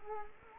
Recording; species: mosquito wingbeat signal from an infrared sensor; Culex quinquefasciatus